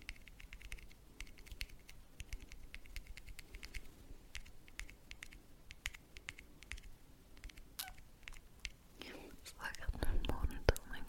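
Quick, light tapping, like fingers on a keyboard, sounds in irregular bursts of sharp clicks through most of the clip. The taps come several per second with short pauses. Near the end, around ten seconds, a louder scraping, rubbing sound with heavier thumps takes over.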